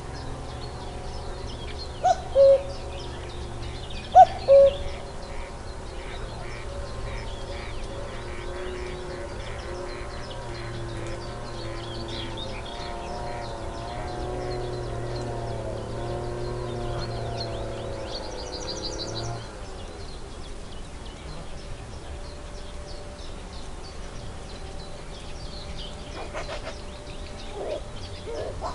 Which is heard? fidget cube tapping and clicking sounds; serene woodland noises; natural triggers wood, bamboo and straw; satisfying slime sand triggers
serene woodland noises